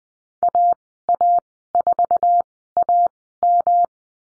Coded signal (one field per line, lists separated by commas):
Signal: Morse code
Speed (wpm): 20 wpm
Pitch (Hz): 700 Hz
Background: none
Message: AA4AM